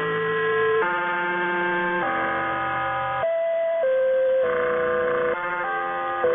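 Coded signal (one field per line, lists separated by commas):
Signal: channel marker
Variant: Bangkok Meteo interval signal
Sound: a slow melody of about eight steady, organ-like electronic notes, each changing pitch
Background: radio static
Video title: Bangkok Meteo Interval Signal [HQ]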